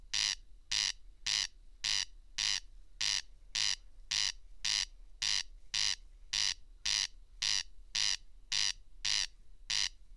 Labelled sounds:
Corn Crake (Crex crex) song

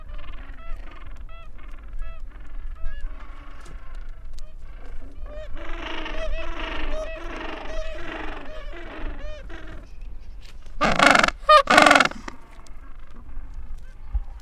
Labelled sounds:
Gentoo Penguin (Pygoscelis papua) call

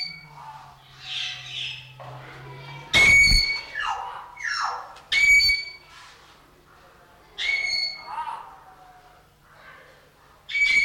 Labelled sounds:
Golden Myna (Mino anais) call

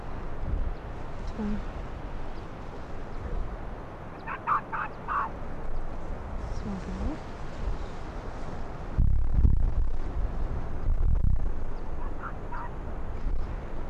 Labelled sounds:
Arctic Fox (Vulpes lagopus)

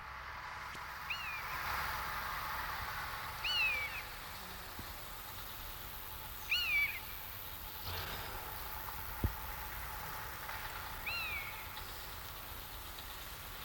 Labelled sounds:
Stripe-winged Grasshopper (Stenobothrus lineatus) stridulation

